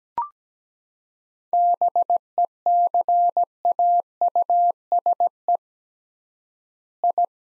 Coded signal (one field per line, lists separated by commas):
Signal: Morse code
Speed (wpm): 17 wpm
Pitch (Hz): 700 Hz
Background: none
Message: BECAUSE I